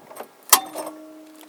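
A vintage Necchi Supanova sewing machine's handwheel is turned round until the small spring-loaded button snaps over with a sharp metallic click at 0.5 s, followed by a brief ringing tone. The button releases and disengages the drive.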